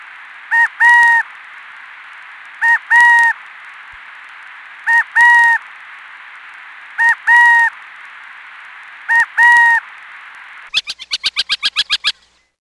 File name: burrowing owl